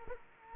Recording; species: mosquito wingbeat signal from an infrared sensor; Culex quinquefasciatus